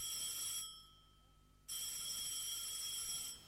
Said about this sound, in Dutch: Een telefoon, riep Willemsen.